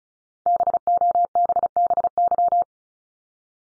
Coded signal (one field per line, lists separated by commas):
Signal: Morse code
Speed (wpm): 36 wpm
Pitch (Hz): 700 Hz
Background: none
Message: BOBBY